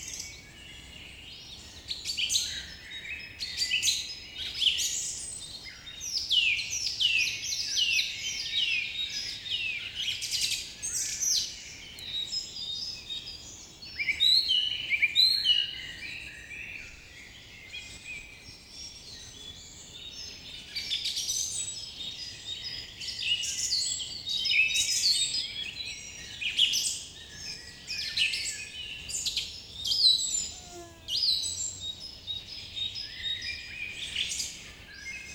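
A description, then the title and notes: Many birds sing at once in a dense, overlapping chorus of bright chirps, trills and sweeping whistles that never lets up across the whole stretch. The singing is close and high-pitched, rising and falling in busy bursts, over a faint low outdoor rumble. The Birds are Awake and Singing.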